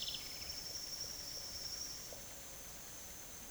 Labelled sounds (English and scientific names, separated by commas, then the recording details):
House Wren (Troglodytes aedon)
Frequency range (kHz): House Wren (Troglodytes aedon) 1.6-6.1 kHz
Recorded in secondary vegetation near Puerto Asís, Putumayo, Colombia, on 19 June 2025 at 10:00
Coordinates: 0.489, -76.322
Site G021